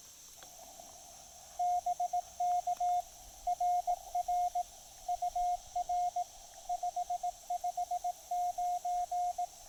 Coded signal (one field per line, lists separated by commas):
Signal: Morse code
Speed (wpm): 19 wpm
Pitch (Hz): 710 Hz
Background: radio noise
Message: BK RR UR 559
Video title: POTA Field Report: QRP (and DX) fun with the Discovery TX-500 & MFJ-1984LP EFHW